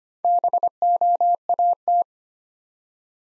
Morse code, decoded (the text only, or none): BOAT